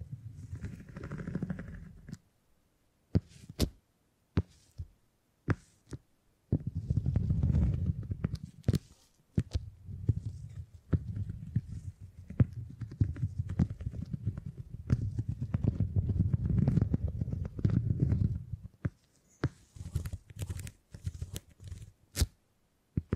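Beeswax is handled and worked, making soft, low crumbly squishing in bursts around 0–2, 6–9 and 11–19 seconds. Sharp dry clicks and taps pop out every second or so, sometimes in quick pairs, with brief silent gaps between the textured stretches.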